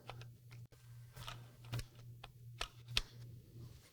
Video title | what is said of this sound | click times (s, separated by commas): Replacing motherboard on AMD Ryzen Threadripper 1950x to ASRock X399 Taichi sTR4 | It just locks right. See, it's in there now, | 3.0 s